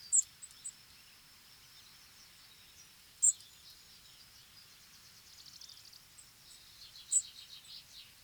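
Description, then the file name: European robin uttering brief, piercing high notes at irregular intervals, with a faint, fast, scratchy warble near the end. "Erithacus rubecula"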